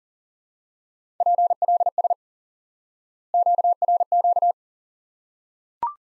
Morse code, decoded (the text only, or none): PLS QRQ